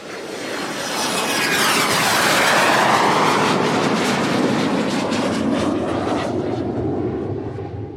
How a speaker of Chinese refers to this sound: 飞机带着引擎的轰鸣声冲上天际，机舱里安静得近乎单调。